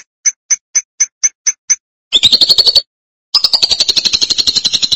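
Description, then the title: Lovebird: a row of several short clipped high chirps, then a rising screechy trill, a pause, and a continuous shrill buzzy chatter. "BM Suara Burung Lovebird"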